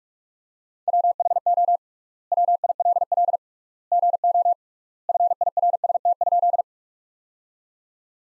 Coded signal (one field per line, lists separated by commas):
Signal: Morse code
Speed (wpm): 46 wpm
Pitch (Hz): 700 Hz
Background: none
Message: WHO WILL GO FIRST?